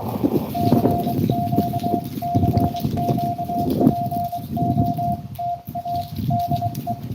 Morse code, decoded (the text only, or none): CQ CQPO TA DE